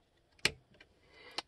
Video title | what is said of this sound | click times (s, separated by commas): G&S Tire Grinder Assembly Instructions | if that's the kind of axle you're chewing go ahead and pop those | 0.4 s, 1.4 s